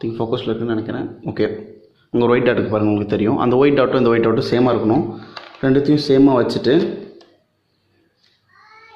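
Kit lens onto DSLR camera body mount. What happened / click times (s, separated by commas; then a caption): Lens held against the mount, not yet locked / none. A kit lens is placed against a Canon 200D DSLR camera body mount with its two white dots lined up, ready to be twisted to lock. Someone talks for most of the clip, and only faint contact sounds follow near 7.2 s and 8.2 s. The lens has not yet been turned and nothing has locked or clicked.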